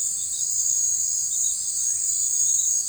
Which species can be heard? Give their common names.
none